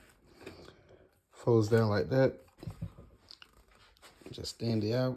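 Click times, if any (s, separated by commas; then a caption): none. Someone talks while handling the folding receiver hinge of a black ATI Nomad SGS 12 gauge 18.5" single-shot break-action folding shotgun, swinging the folded gun back out toward its open, straight position. Faint handling ticks and rustles sit between the speech, with the sharpest around 3.3 to 3.4 s. The hinge has not snapped into place yet; nothing has seated or clicked.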